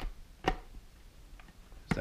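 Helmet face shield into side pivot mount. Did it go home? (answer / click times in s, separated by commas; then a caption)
yes / 1.9 s. A plastic face shield is pushed onto the side pivot mount of an Icon Variant Battlescar helmet after several attempts. A sharp tap sounds at 0.5 s, faint rattles follow, and a crisp click at 1.9 s marks the visor locking into place.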